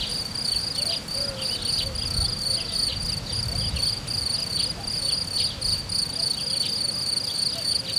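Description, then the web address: Cricket song, a steady high rhythmic trill, with low rumbling background noise. Cricket recorded in nature at Hortobágy in 2014, described as idyllic; an insect landed on the left microphone. "allathangok termeszetben tucsok professzionalis 2014 idilli balmikrofonraraszallorovar hortobagy"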